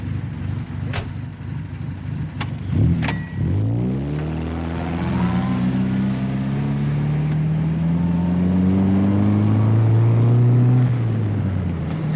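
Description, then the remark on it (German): A few sharp clunks, then a car engine starts and pulls away, its low hum climbing steadily in pitch as it accelerates and holds a strong, even drone until the end. The car is driving from The Hague toward Amsterdam after picking up a passenger at the edge of town. “Trotzdem muss ich sagen, dass ich nur unter Protest in so ein Auto steige.”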